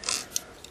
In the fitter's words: It's pretty cool. I mean, you can just pop it open,